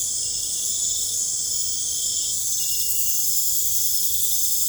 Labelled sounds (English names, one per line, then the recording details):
none
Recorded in pastures near Puerto Asís, Putumayo, Colombia, on 26 December 2024 at 00:00
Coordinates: 0.496, -76.326
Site G004